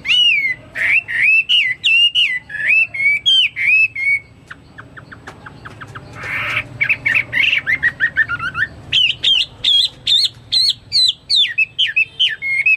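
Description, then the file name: Chinese hwamei song: quick looping whistled phrases, a short dry stutter of notes midway, then rapid bright whistles resuming. "omkicau hwamei"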